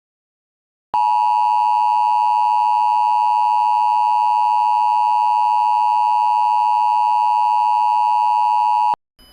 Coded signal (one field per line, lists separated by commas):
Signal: Emergency Alert System (SAME) tones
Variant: 853 and 960 Hz attention tone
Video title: EAS Mock 7: The Internet Demonstration